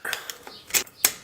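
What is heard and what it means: A steel snap ring is pushed back into the ball joint retaining groove on an F-250 steering knuckle with the help of a screwdriver, making light metallic ticks and scrapes from the start. At 1.1 s a sharp, loud metallic snap rings out as the ring seats in the groove.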